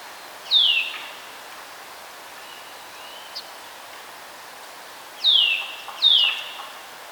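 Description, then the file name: Eurasian nuthatch calling with clear, high whistled notes that slide downward, one early then a close pair near the end, over steady background hiss. "Sitta europaea"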